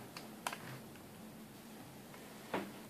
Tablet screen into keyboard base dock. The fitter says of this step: so there is a little click